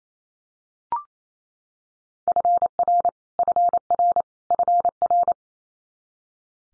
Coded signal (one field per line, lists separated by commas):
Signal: Morse code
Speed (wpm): 28 wpm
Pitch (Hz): 700 Hz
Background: none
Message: FR FR FR